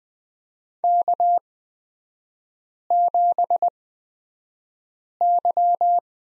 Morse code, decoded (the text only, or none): K7Y